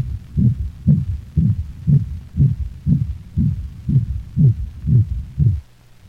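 Dog heart sounds heard through a stethoscope: a steady, low-pitched beat at about 120 beats per minute.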